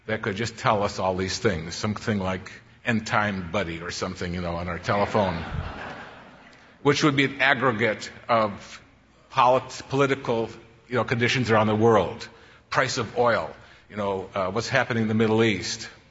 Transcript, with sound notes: that could just tell us all these things? Something like End-Time Buddy or something, you know – on our telephone – (laughter) which would be an aggregate political conditions around the world, the price of oil, you know, what’s happening in the Middle East,